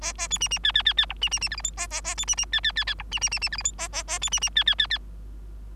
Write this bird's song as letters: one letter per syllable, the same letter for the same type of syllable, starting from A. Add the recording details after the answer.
A A B C C D D D D E C C C F G H A A A B C C D D D D E C C C C F G H A A A B C C D D D D. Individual Bird3